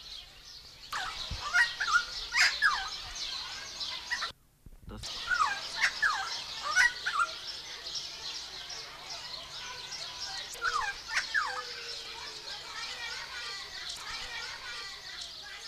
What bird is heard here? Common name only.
Helmeted Friarbird